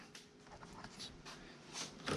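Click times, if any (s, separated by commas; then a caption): 0.2 s. A key is pushed into the forward storage compartment lock of a three-wheel motorcycle and turned to the right, giving a click at 0.2 seconds as the lid latch releases. Soft scraping and rustling follow, ending in a louder clunk near the end as the lock is released.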